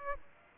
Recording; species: mosquito wingbeat signal from an infrared sensor; Aedes aegypti